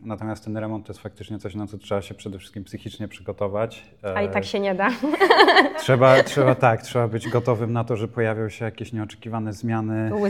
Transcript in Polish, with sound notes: Natomiast ten remont, to jest faktycznie coś, na co trzeba się przede wszystkim psychicznie przygotować.
A i tak się nie da. [śmiech]
Trzeba, trzeba tak, trzeba być gotowym na to, że pojawią się jakieś nieoczekiwane zmiany.